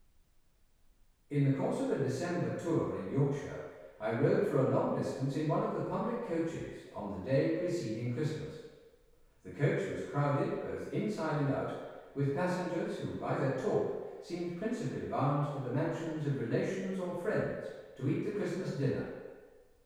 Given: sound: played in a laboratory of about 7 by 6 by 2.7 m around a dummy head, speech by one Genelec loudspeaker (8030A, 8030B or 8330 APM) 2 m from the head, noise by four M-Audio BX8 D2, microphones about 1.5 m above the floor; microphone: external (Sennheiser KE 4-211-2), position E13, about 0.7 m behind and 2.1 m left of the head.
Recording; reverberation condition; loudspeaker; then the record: male speech in English; high; behind (180 degrees)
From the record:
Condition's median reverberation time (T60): about 1300 ms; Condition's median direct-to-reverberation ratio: about -4.0 dB